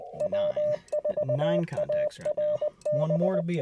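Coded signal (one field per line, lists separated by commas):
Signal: Morse code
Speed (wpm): 20 wpm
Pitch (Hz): 600 Hz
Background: speech, radio noise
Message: W4ARB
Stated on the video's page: Slow-paced QRP CW Parks on the Air activation in a national forest using an IC-705 and ATAS antenna.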